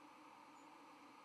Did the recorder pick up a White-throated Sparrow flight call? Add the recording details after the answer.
no. Another species' flight call is heard. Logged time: 05:43 on 31 October 2014